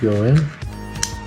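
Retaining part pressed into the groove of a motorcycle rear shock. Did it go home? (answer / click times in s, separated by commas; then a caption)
yes / 1.0 s. A retaining part is pressed into the larger, deeper groove of a Honda XR250R dirt bike rear shock during reassembly while someone talks over background music. A short, sharp click is heard at 1.0 s as the part snaps into the groove and sits fully seated.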